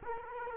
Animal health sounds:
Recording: mosquito wingbeat signal from an infrared sensor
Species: Culex quinquefasciatus

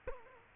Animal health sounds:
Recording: mosquito wingbeat signal from an infrared sensor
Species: Culex quinquefasciatus

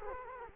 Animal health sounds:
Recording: mosquito wingbeat signal from an infrared sensor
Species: Culex quinquefasciatus

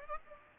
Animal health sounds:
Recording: mosquito wingbeat signal from an infrared sensor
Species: Aedes aegypti

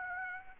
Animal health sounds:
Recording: mosquito wingbeat signal from an infrared sensor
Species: Aedes aegypti

